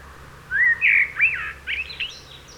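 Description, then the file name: Common blackbird song phrase: rich fluty whistles that rise and tumble, then fade into a scratchy, higher twittering end. "Turdus merula"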